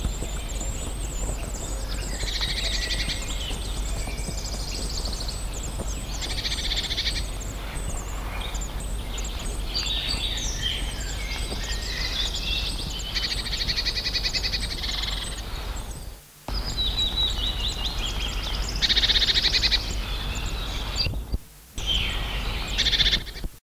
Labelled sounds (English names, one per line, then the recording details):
Eurasian Blue Tit call
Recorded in the wild
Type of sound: call
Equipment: Halbspur, 9,5 cm/s
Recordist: Lütgens, Hans
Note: Blaumeisen aus drei verschiedenen Nistkästen, "Luzi" (?)